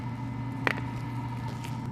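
An asymmetric plastic headlight bulb wiring connector on a 2016+ Nissan Maxima HID kit is pushed onto its bulb socket so the locking tab engages the nub. A single sharp click at 0.7 s rises over a steady low hum and hiss, and a faint softer tap follows at 1.6 s. The connector is seated with its locking tab clicked in.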